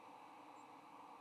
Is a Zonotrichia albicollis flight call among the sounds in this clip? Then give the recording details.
no. Another species' flight call is heard. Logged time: 09:54 on 15 November 2014